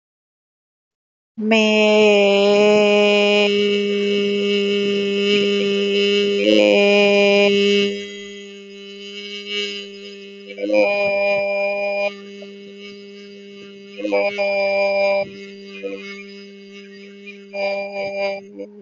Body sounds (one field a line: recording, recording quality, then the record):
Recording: sustained vowel as in made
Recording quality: excellent, no background noise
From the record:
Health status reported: healthy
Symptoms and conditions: none ticked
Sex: female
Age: 31 years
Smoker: not ticked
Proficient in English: yes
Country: India